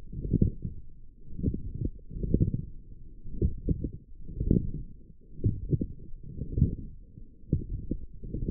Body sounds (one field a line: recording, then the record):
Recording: forearm muscle sounds (acoustic myography)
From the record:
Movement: forearm pronation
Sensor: system 1, eight BSWA MPA416 microphones around the upper forearm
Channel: 2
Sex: male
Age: 23 years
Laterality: right